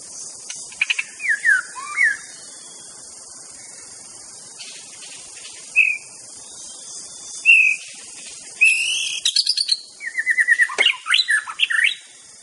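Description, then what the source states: White-rumped shama phrases of whistled swoops separated by pauses, ending in a fast series of chattering notes, with a continuous high insect hum throughout. Natural song of a wild shama in the forest.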